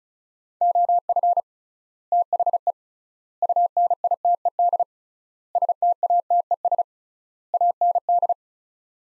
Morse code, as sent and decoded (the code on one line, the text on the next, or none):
--- ..-. / - .... . / ..- -. .. - . -.. / ... - .- - . ... / .- -. -..
OF THE UNITED STATES AND